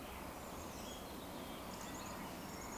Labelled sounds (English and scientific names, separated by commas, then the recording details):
Eurasian Woodcock (Scolopax rusticola)
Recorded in Baden-Württemberg, Germany, on 16 June 2020 at 19:57 UTC
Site 14569, 102 m above sea level